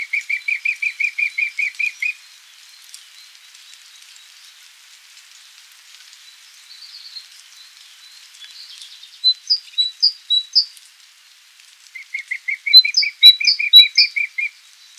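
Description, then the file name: Eurasian blackcap: two rapid runs of about ten even notes each, with higher chirped notes in between. "Sylvia atricapilla"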